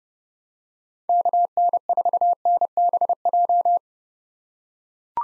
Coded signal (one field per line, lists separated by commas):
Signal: Morse code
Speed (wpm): 30 wpm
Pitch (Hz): 700 Hz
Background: none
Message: KN4NBJ